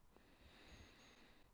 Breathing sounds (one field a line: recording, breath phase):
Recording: one breath near a microphone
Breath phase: inhalation